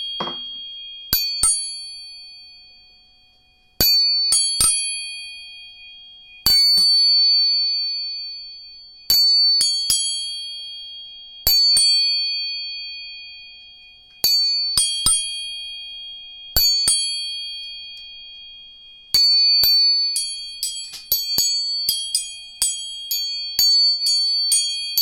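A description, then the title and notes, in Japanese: Three tuning forks are struck one after another, each giving a sharp metallic tap and then a pure, bright tone that rings on and slowly fades. Strikes come every few seconds, growing quicker and overlapping near the end. 音叉チューニング3本。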